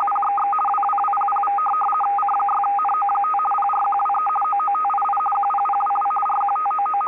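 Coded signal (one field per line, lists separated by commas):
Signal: RTTY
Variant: 50 baud, 450 Hz shift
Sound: fast warbling between two steady tones, continuous for the whole clip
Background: radio static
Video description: DDK 2 em 4.583 Khz, transmite informações de tempo com 1Kw de potência no modo rtty 50.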